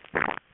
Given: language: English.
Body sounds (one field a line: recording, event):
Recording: throat vibration sensor signal played as sound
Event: swallow